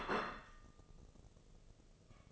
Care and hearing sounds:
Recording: daily activity, microphone in the room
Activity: place plate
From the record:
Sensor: 4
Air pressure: 996.0 hPa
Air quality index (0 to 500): 62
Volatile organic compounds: 2 ppm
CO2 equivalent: 1104 ppm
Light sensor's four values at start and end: 13/37/13/14 and 13/37/13/14

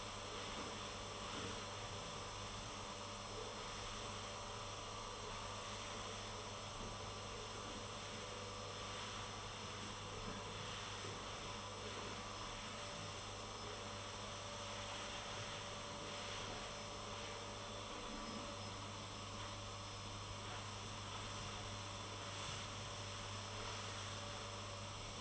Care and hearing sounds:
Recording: daily activity, microphone in the room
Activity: vacuum cleaning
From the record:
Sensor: 4

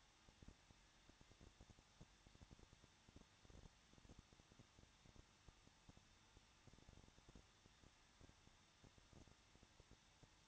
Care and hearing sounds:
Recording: daily activity, microphone in the room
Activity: no activity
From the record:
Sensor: 3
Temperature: 21.2 degrees Celsius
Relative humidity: 36.3%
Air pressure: 1006.3 hPa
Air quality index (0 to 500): 222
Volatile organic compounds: 41 ppm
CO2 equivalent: 3169 ppm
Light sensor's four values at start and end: 2/3/2/2 and 2/3/2/2

